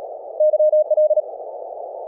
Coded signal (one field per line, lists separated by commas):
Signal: Morse code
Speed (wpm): 37 wpm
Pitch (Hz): 620 Hz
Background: none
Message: YL